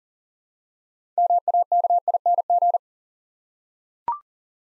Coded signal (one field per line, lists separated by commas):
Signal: Morse code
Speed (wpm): 40 wpm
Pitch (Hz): 700 Hz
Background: none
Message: MAKING